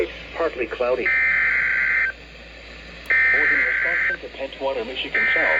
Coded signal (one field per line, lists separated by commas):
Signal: Emergency Alert System (SAME) tones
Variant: header bursts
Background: speech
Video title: EAS #535-537 Special Marine Warning